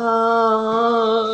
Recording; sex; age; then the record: sustained vowel /a/; female; 50 to 59 years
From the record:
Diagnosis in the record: amyotrophic lateral sclerosis, spinal onset 25 months earlier, no bulbar signs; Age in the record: 53 years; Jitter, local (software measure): 0.56%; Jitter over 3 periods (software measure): 0.33%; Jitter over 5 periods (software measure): 0.35%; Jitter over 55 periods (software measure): 1.02%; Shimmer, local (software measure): 6.1%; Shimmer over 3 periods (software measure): 2.8%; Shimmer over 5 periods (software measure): 3.5%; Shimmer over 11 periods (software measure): 5.7%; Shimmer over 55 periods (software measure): 11.2%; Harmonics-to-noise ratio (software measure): 7.6 dB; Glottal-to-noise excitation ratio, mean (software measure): 0.89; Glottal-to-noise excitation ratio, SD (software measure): 0.031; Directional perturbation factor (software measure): 67.9%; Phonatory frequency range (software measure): 0.13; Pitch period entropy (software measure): 1.32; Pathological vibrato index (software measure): 0.00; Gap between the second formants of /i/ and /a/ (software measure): 1200 Hz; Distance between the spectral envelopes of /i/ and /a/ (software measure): 12.0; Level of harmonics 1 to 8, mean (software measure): -11.0, -4.3, -8.0, -14.6, -12.7, -10.4, -29.7, -52.6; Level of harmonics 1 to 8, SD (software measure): 2.0, 2.1, 3.7, 6.2, 7.4, 4.6, 5.6, 7.2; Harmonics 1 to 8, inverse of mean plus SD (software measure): 0.077, 0.158, 0.085, 0.048, 0.050, 0.067, 0.028, 0.017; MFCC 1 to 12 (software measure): -2.0, -12.7, -20.6, 9.0, -21.6, -5.2, 2.6, -1.8, -14.6, -4.5, -2.5, -14.3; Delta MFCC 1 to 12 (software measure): -0.039, 0.062, -0.027, 0.035, -0.010, -0.013, 0.075, 0.148, -0.092, 0.056, -0.008, -0.052